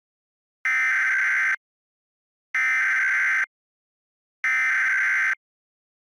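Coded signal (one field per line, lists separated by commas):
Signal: Emergency Alert System (SAME) tones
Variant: header bursts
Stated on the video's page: Fictional live EAS scenario with valid tones.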